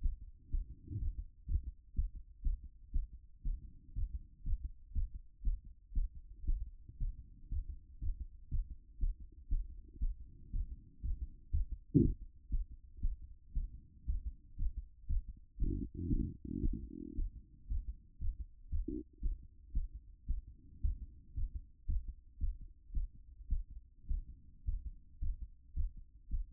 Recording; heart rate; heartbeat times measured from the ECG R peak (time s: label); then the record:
heart sounds by stethoscope; 117 bpm
0.03 s: heartbeat
0.51 s: heartbeat
1.00 s: heartbeat
1.48 s: heartbeat
1.96 s: heartbeat
2.44 s: heartbeat
2.93 s: heartbeat
3.44 s: heartbeat
3.95 s: heartbeat
4.45 s: heartbeat
4.94 s: heartbeat
5.44 s: heartbeat
5.95 s: heartbeat
6.47 s: heartbeat
6.99 s: heartbeat
7.51 s: heartbeat
8.01 s: heartbeat
8.51 s: heartbeat
9.00 s: heartbeat
9.50 s: heartbeat
10.01 s: heartbeat
10.53 s: heartbeat
11.03 s: heartbeat
11.52 s: heartbeat
12.02 s: heartbeat
12.51 s: heartbeat
13.02 s: heartbeat
13.54 s: heartbeat
14.07 s: heartbeat
14.58 s: heartbeat
15.08 s: heartbeat
15.59 s: heartbeat
16.10 s: heartbeat
16.63 s: heartbeat
17.16 s: heartbeat
17.69 s: heartbeat
18.20 s: heartbeat
18.71 s: heartbeat
19.22 s: heartbeat
19.74 s: heartbeat
20.28 s: heartbeat
20.82 s: heartbeat
21.35 s: heartbeat
21.88 s: heartbeat
22.40 s: heartbeat
22.94 s: heartbeat
23.50 s: heartbeat
24.08 s: heartbeat
24.66 s: heartbeat
25.21 s: heartbeat
25.76 s: heartbeat
26.31 s: heartbeat
From the record:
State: after exercise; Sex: female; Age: 25 years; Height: 170 cm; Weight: 60 kg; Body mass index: 20.76